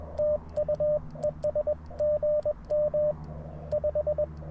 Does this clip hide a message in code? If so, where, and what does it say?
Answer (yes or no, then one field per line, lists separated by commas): yes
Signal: Morse code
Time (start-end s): 0.2-4.2 s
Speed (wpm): 21 wpm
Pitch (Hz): 590 Hz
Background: radio noise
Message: TU ES GM 5